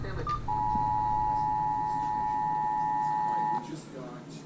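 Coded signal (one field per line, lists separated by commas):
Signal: Emergency Alert System (SAME) tones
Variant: 853 and 960 Hz attention tone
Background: speech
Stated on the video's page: Severe weather alert tones.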